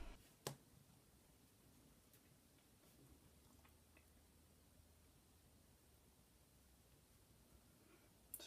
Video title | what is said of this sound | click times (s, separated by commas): How to install RAM | try to push both in at the same time and you'll feel it and hear it snap | 0.5 s, 8.3 s